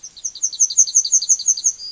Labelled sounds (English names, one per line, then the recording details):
Yellowhammer song
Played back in forest
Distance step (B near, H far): C
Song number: 008